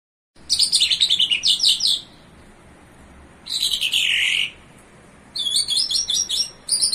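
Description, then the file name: Bimaculated lark song: fast chattering chirps, a buzzy slurred phrase, then another run of rapid twittering notes. In Iran. "iranian sound bimaculated lark"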